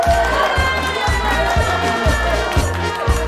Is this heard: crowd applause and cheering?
yes